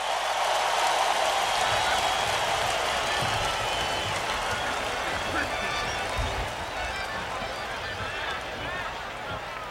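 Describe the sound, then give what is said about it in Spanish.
A large audience applauds a live band, with dense, steady clapping and crowd cheering filling the full ten seconds at a constant loud level, and no single voice standing out. “A ver cómo les aplaudió la gente.”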